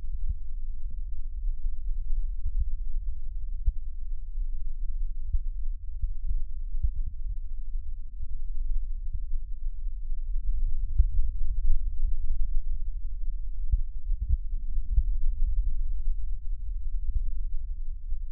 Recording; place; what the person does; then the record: lung sounds by stethoscope; left posterior basal chest; quiet breathing, then deep breathing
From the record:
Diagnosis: interstitial lung disease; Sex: female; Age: 60 years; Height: 152 cm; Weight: 55.9 kg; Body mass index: 24.2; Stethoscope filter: bell mode